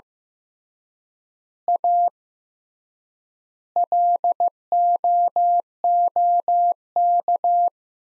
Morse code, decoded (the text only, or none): A LOOK